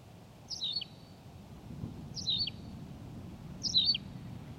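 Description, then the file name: Tawny pipit song: three clear, downslurred chirped phrases about one and a half seconds apart over a low steady rumble. "Pipit rousseline Anthus campestris"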